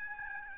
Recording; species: mosquito wingbeat signal from an infrared sensor; Aedes albopictus